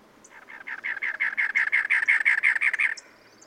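Cactus wren giving a rough, gravelly song of evenly repeated chugging notes for about two and a half seconds, with a thin buzzy trill just after.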